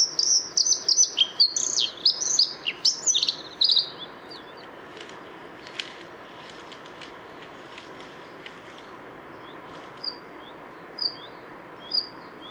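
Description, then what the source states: Bluethroat song: a burst of fast, varied high twittering and slurred notes for about four seconds, then a quiet pause with a few faint high notes. 6 April 2014 at the Isar river mouth (Isarmündung), Deggendorf district.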